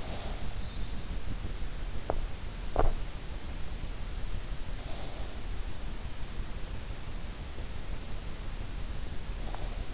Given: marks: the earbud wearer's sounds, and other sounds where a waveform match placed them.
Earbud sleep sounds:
sounds in sleep by an in-ear microphone; breath
0.00-0.88 s: breath

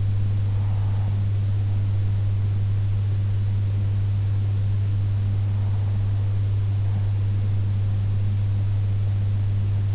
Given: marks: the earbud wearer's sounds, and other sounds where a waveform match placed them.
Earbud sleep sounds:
sounds in sleep by an in-ear microphone; breath
0.00-1.99 s: breath

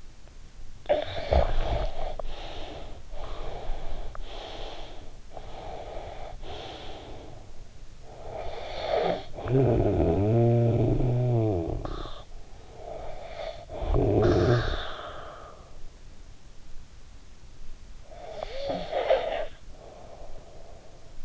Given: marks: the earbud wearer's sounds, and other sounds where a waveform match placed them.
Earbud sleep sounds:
sounds in sleep by an in-ear microphone; snoring breath, breath
0.68-3.17 s: snoring breath
3.17-7.80 s: breath
8.00-15.98 s: snoring breath
17.86-21.18 s: snoring breath

